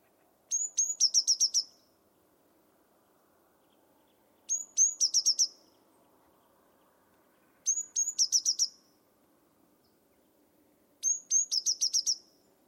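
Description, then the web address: Bird song in four similar phrases, two high notes then a fast run of bright chips, over soft low background noise. Bird-only recording from a 2025 bird dataset. "cianscape birddata Deverinetal 2025 Bird Only"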